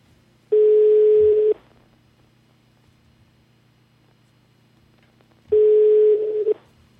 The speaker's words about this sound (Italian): Squilla il telefono della zanzara.